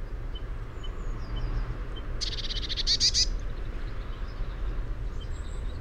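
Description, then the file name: Eurasian blue tit giving a single harsh, buzzy churr of about one second with a few thin high notes mixed in, over a steady low rumble. "Cyanistes caeruleus"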